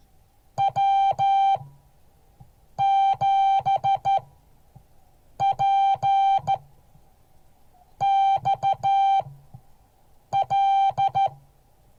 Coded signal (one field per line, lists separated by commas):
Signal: Morse code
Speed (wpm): 13 wpm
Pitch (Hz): 780 Hz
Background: music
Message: W7PXL